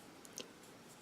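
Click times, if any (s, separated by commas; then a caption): 0.4 s. A fountain pen cap, a Faber-Castell Loom, is pressed back onto its barrel and snaps into place with a sharp, bright click at 0.4 s, seated firmly. A fainter tick comes just before at 0.3 s, and the rest is quiet background hiss.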